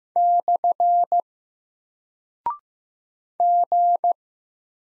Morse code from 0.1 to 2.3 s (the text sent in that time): /